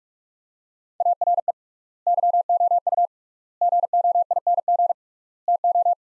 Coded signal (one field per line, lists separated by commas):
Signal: Morse code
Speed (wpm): 41 wpm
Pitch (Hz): 700 Hz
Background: none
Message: ARE YOU GOING TO